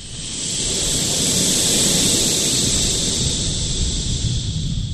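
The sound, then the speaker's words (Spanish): A group of people blow steadily together to imitate wind while making a rainstorm with their bodies. The blowing makes a continuous, breathy hiss. It swells in over the first half second, then holds loud and even to the end, with no talking. “Luego vamos a hacer el viento soplando.”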